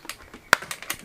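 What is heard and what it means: The lid clip of an Ultimateaddons Universal Tough waterproof motorcycle phone mount case is pressed closed. A single sharp plastic click at 0.5 s stands well above a few softer taps around 0.1, 0.7 and 0.9 s. The lid clips shut and is seated.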